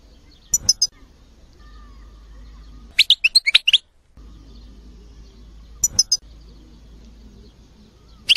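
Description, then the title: Bird chirps in short high clusters, a quick run of bright notes near the middle, over steady low background hum. "oiseau5000kader"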